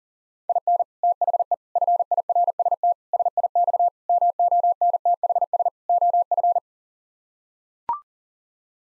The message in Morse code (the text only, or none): IN THE FIRST SIX MONTHS OF